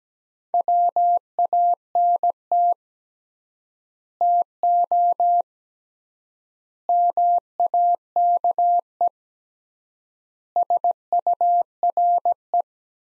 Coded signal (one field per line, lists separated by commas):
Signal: Morse code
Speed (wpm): 17 wpm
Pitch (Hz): 700 Hz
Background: none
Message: WANT TO MAKE SURE